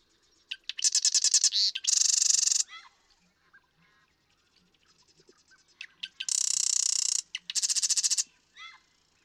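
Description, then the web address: Marsh Wren song in two phrases, each mixing chattering trills and a dense buzzy rattle, with soft gurgling notes in the gaps. "birdsongforthecurious Marsh Wren"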